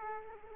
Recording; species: mosquito wingbeat signal from an infrared sensor; Aedes aegypti